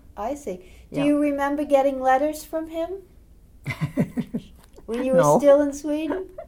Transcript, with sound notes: I see.
Ja.
Do you remember getting letters from him?
(she laughs) No.
When you were still in Sweden?